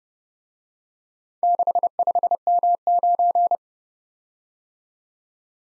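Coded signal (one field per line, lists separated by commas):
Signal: Morse code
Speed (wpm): 29 wpm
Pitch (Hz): 700 Hz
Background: none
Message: 65M9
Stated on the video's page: Four-character letter-number practice at 25 wpm, starting fast and slowing to a base speed; fastest is 1.5 times slowest, final repeat at maximum speed.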